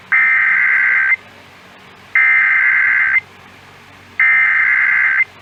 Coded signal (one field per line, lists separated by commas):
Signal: Emergency Alert System (SAME) tones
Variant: header bursts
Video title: Tornado Warning EAS from 820 AM WBAP via 99.5 HD 2 on 5/3/2021 (2 of 2)